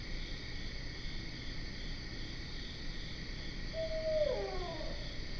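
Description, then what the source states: Barred owl giving a single hoot that slides downward into a drawn-out ending, over a steady, layered insect chorus. Recorded 12 September 2010.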